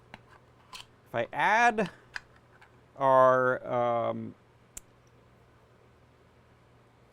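A snapped-together 3D-printed plastic juggling ball is pried apart, and the latch releases its ball half from the mating half with a single sharp click at 0.1 s, popping the halves open. Someone then talks, and another brief tick comes near 4.8 s.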